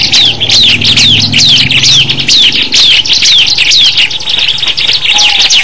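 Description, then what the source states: Bar-winged Prinia song: high, sharply down-slurred whistled notes repeated rapidly, with dense overlapping chirps and a faint low hum beneath. Simulated ciblek singing contest (lomba), from omkicau.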